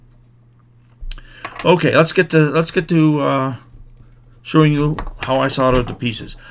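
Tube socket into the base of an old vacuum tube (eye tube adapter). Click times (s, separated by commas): 1.1 s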